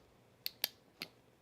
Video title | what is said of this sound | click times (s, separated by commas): Bag Making Tips: Hardware Types | and then once you squeeze it once you'll hear it Go click | 0.6 s